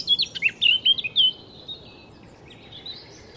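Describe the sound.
Eurasian blackcap giving a quick burst of varied, chattering and warbled high notes for just over a second, then only a few faint notes over steady background hiss.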